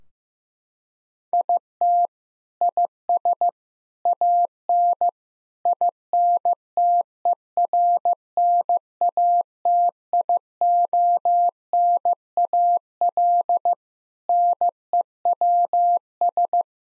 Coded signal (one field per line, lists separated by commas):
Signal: Morse code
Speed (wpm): 16 wpm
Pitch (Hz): 700 Hz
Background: none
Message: IT IS AN INTERNATIONAL NEWS